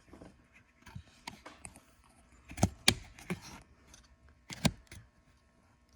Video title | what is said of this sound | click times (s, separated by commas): E39 M5 Seat Twist FIXED! Super detailed video & DONE RIGHT! E38 E39 E53 525 530 540 740 750 | just like that and that is snapped into place | 2.9 s